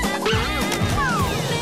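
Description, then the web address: Chimpanzee calls: a run of harmonic, whining cries ending in a longer descending cry, with low rumbling underneath. "chimpanzeetv"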